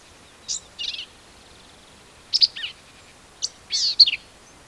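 Black-capped vireo giving three short, harsh, scratchy high phrases of buzzy notes, each separated by about a second of quiet.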